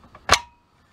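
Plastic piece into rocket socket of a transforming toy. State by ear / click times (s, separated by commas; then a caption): seated / 0.3 s. A plastic piece is slid into a hole in the back rocket of a Transformers Siege Titan Omega Supreme transforming toy and clips in at 0.3 s with a sharp, bright snap. It seats firmly and very solidly. A faint ringing tone lingers after the snap, with small ticks before and a brief tap near the end.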